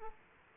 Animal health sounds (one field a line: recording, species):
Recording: mosquito wingbeat signal from an infrared sensor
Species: Aedes aegypti